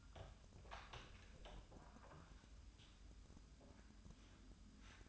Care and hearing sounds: daily activity, microphone in the room; open door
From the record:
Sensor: 2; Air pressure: 1004.8 hPa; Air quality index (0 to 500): 67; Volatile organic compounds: 1 ppm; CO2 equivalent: 791 ppm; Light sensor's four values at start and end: 7/17/7/7 and 7/18/7/7

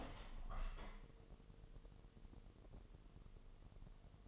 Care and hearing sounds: daily activity, microphone in the room; open window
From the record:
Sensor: 4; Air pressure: 1000.8 hPa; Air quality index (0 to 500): 244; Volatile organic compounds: 41 ppm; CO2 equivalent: 3161 ppm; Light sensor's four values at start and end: 9/20/8/7 and 9/21/8/8

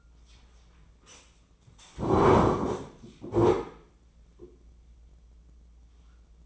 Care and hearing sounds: daily activity, microphone in the room; sit down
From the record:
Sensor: 1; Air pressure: 996.0 hPa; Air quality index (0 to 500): 236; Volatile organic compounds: 1000 ppm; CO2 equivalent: 6896 ppm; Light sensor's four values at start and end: 34/82/36/43 and 35/87/37/45

